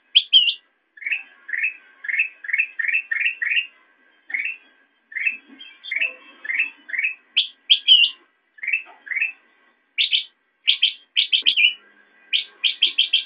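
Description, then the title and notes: Sooty-headed bulbul calls: quick rhythmic sequence of rising chirps mixed with brighter high notes, the high notes in clustered groups toward the end. Used for training songbirds (masteran). "suara burung kutilang buat masteran"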